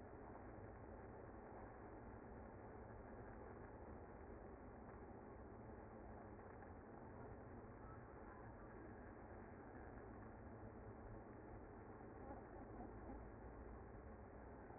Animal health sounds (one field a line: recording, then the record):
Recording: honeybee colony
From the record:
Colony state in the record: active